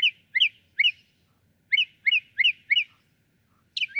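Northern mockingbird song of quick paired chirps repeated in short runs, ending with a different squeaky phrase.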